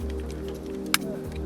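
After the coin battery is replaced in a Honda Civic key fob, the plastic back cover is pressed onto the fob housing. A sharp snap at 0.9 seconds marks the cover seating into place, heard over steady background music. Someone talks.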